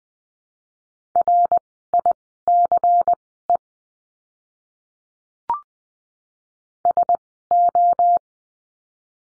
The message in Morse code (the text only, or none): RICE SO